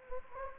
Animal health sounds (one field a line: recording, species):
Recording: mosquito wingbeat signal from an infrared sensor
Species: Anopheles gambiae